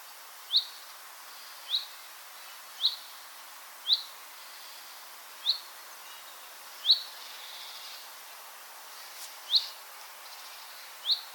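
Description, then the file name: Common chaffinch calls: short, sharp, upward-flicking notes repeated at intervals of about one to three seconds, eight in all, over a soft hiss of background noise. "Fringilla coelebs"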